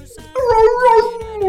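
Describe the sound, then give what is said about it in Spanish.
A dog lets out a single drawn-out, high whining howl lasting about a second, holding steady then sagging slightly in pitch, with faint whimpering and soft low background noise around it. “Perrito.”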